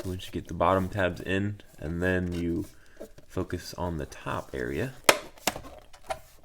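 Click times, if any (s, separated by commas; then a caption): 5.5 s, 6.1 s. Someone talks while a plastic mirror cap is pressed onto the side mirror housing of a Subaru WRX, with the bottom tabs in first and then the top tabs, some of which are broken. Sharp clicks sound at 5.5 s and 6.1 s as the cap's clips snap home and it seats.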